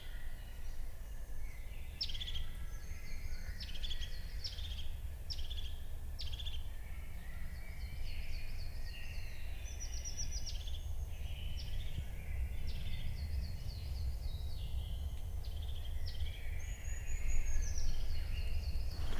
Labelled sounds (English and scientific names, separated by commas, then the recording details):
European Crested Tit (Lophophanes cristatus) call
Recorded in the wild
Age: adult
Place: Altsorgefeld, NSG Rochauer Heide, Brandenburg, DE
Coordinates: 51.8147, 13.52
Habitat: wood
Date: 2007-03-13 17:54
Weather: fair, 15°C, no wind
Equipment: Sound Devices 702, Sennheiser MKH 70, Windkorb
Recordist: Frommolt, Karl-Heinz
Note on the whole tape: Revier 93: Rufe. Entfernung ca. 15 m. Tier nicht gesehen